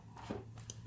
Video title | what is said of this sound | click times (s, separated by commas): Building a PC Part 2: Final Touches | we're just going to plug it in a little click it's | 0.7 s